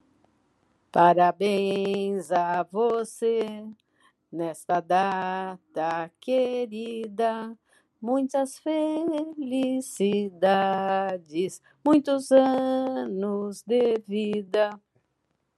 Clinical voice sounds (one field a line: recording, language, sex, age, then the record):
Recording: short text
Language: Brazilian Portuguese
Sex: female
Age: 70 to 79 years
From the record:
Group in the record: control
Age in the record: 73 years